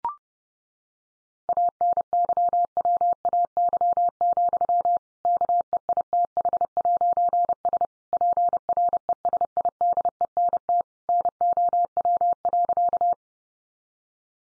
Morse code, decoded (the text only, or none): ANYWAY, KEITH'S PRESIDENT NOW.